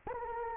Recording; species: mosquito wingbeat signal from an infrared sensor; Anopheles arabiensis